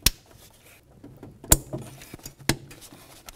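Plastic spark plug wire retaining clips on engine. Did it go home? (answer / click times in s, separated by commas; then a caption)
yes / 0.1 s, 1.5 s, 2.5 s. Plastic spark plug wire retaining clips along the engine of a 1994–2004 Chevy S-10 are snapped shut around the new spark plug wires. Three sharp plastic snaps ring out at 0.1, 1.5 and 2.5 seconds, with softer handling clicks between them. The clips are locked and the wires are secured in place.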